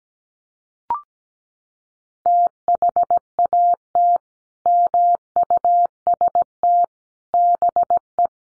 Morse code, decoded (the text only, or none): THAT MUST BE